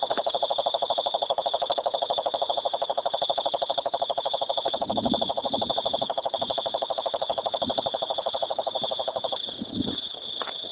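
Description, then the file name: Cane toad giving a long, rapid pulsed trill throughout, with a few faint low knocks and rustles partway through. "rhinella marina"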